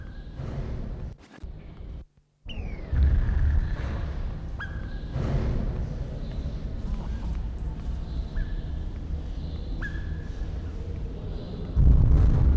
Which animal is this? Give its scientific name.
Eudromia elegans